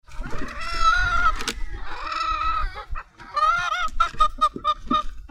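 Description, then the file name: Chicken calling: drawn-out nasal calls, then a run of short clucks at the end, with some low rumbling behind. "gallinas"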